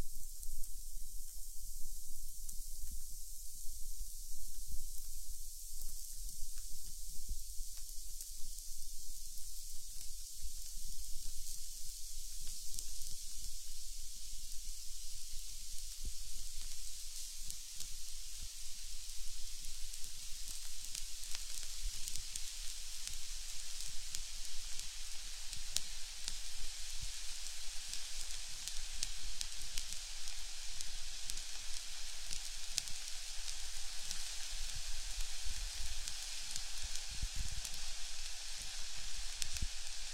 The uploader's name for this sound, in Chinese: 滋滋耳烛，像烤肉还是下雨